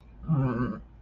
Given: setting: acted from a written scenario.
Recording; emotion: vocal sound without words; sadness